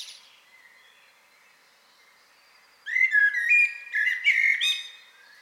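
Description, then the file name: Common blackbird: a few faint notes, a near-silent pause, then a single bright phrase of fluty whistles and sharp high twitters. "Turdus merula"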